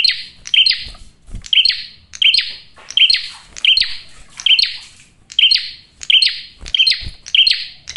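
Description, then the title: Prinia song: quick, loud chirps repeated in a slightly uneven rhythm, each note sharp and buzzy, with occasional soft low thumps. Male prenjak singing loud, clear and continuous, for use as a lure (pikat) and to draw in females. "Masteran Duet Cililin Vs Kapas Tembak. PRENJAK JANTAN GACOR SUARA JERNIH, RAPET. " COCOK UNTUK PIKAT MAUPUN PANCINGAN BETINA ""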